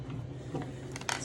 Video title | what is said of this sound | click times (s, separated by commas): USCGA Rifle Disassembly, Cleaning, and Reassembly Procedure | should go in pretty easy make sure your trigger guard's up and then you'll just push your trigger guard down until you hear it click | 1.1 s